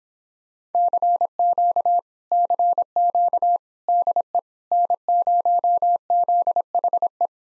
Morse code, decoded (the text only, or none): CQ CQ DE N0ZHE